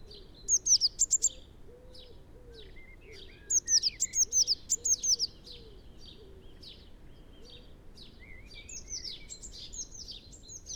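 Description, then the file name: Eurasian blue tit calling in two brisk bursts of high notes, followed by softer, varied chirps. "Cyanistes caeruleus"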